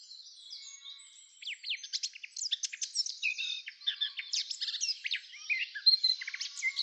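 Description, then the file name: Eurasian blackcap warbling song, starting soft and scratchy, then swelling into a quick run of bright, varied chirps and slurs. "Sylvia atricapilla"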